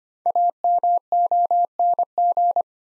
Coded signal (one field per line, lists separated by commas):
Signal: Morse code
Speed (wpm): 25 wpm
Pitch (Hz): 700 Hz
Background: none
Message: AMONG